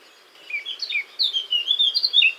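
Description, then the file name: Eurasian blackcap singing a rapid run of clear, fluty warbled notes that rise and fall, growing louder over about two seconds. "Sylvia atricapilla"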